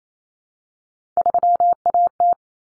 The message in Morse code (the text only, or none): 3AT